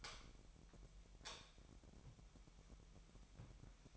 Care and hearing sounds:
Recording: daily activity, microphone in the room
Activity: light on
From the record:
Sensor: 1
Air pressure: 1011.9 hPa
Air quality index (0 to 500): 234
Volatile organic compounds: 6 ppm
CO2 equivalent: 1861 ppm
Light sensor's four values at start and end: 14/34/14/16 and 18/50/20/22

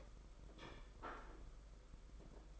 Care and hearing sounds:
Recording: daily activity, microphone in the room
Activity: place plate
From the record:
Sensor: 5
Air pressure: 992.0 hPa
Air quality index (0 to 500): 166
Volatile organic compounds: 402 ppm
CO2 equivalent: 4675 ppm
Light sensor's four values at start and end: 31/106/39/42 and 31/106/39/42

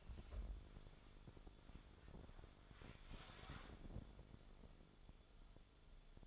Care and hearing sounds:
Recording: daily activity, microphone in the room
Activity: wipe stove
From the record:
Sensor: 5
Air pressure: 1015.1 hPa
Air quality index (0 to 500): 165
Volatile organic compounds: 5 ppm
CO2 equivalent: 1790 ppm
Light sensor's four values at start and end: 36/84/34/36 and 35/83/34/36

